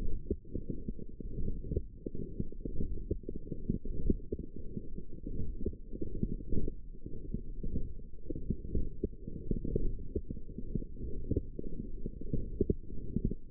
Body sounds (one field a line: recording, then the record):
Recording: forearm muscle sounds (acoustic myography)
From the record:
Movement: forearm supination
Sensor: system 1, eight BSWA MPA416 microphones around the upper forearm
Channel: 5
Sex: female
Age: 21 years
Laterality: right